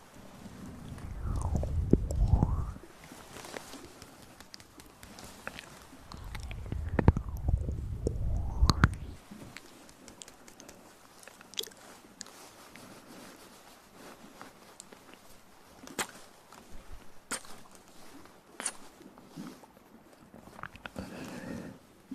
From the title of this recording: Mouth Sounds & Breathing